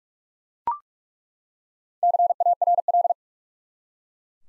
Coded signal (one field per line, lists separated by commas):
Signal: Morse code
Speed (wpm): 42 wpm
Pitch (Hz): 700 Hz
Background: none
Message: CARL